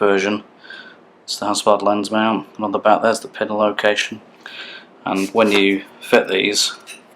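A metal Hasselblad lens mount is handled for fitting onto a view camera's front standard, located by the pin on its back, while someone talks throughout. Nothing has seated or clicked yet.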